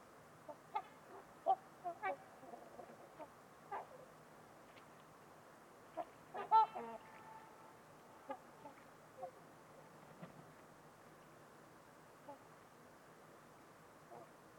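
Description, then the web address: Trumpeter swans calling, a loose chorus of nasal trumpeting honks, some louder and some faint, scattered unevenly across a calm background. Trumpeter swans on a winter evening at Winters Lake in a deep, silent valley, with distant white noise. "Trumpeter Swans on a Winter's Eve. Nick-Mc Mahan Winters-Lake-with-Swan. Wind Is the Original Radio"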